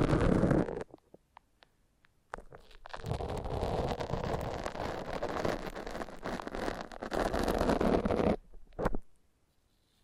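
Foam massage: a short squishy rubbing burst opens, followed by a quiet gap with a few faint taps. From about two and a half seconds, a dense, steady rubbing and squelching runs until roughly eight seconds, then two brief scrubbing strokes end it.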